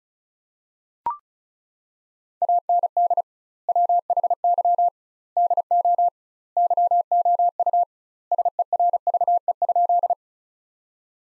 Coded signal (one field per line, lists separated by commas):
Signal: Morse code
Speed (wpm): 34 wpm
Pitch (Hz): 700 Hz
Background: none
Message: AND WHY DO YOU SERVE?